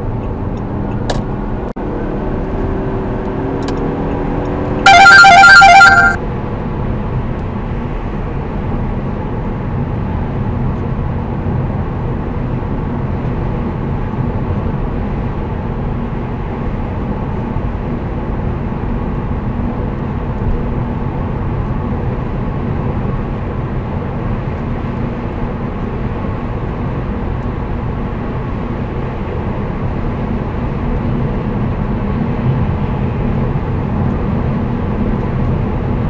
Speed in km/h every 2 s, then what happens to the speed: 97, 114, 121, 118, 115, 114, 118, 118, 119, 119, 122, 123, 126, 126, 124, 126, 125, 125.
0-3 speeds up to 121. 11-24 speeds up to 126. 24-36 steady at about 125.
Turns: none.